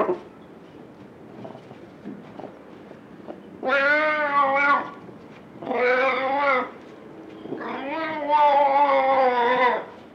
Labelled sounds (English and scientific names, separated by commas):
Ocelot (Leopardus pardalis)